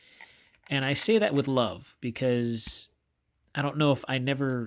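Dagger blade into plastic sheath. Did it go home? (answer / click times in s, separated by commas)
no / none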